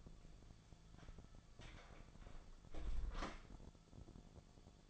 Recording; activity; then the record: daily activity, microphone in the room; close door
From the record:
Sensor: 5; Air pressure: 1000.6 hPa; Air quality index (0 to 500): 160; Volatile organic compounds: 2 ppm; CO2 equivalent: 1228 ppm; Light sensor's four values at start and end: 47/110/46/49 and 47/110/46/49